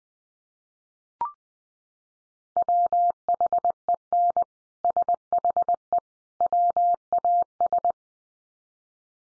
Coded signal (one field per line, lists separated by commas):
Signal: Morse code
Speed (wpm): 20 wpm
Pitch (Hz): 700 Hz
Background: none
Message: WHEN SHE WAS